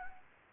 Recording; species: mosquito wingbeat signal from an infrared sensor; Anopheles gambiae